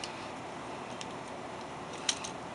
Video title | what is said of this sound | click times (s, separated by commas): Transformers Animated Deluxe Class Blurr Review | We got to make sure it goes underneath like that. You see? Make sure it clicks underneath. | 2.1 s